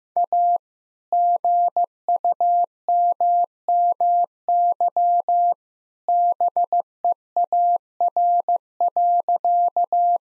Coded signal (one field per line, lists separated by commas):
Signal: Morse code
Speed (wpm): 16 wpm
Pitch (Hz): 700 Hz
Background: none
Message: A GUMMY BEAR.